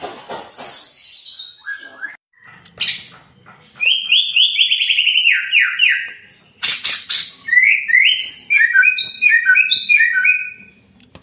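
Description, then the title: White-rumped shama song: loud, varied whistled phrases and sliding, descending notes, then quick choppy notes in rapid runs, with short pauses between bursts. Lure recording (pancingan) of a White-rumped shama singing vigorously (gacor), meant to make the bird respond. "PANCINGAN MURAI BATU GACOR"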